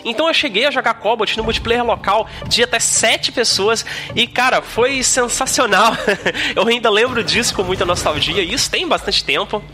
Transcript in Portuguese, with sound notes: Então eu cheguei a jogar Cobalt no multiplayer local de até sete pessoas e, cara, foi sensacional. [risos] Eu ainda lembro disso com muita nostalgia, e isso tem bastante tempo.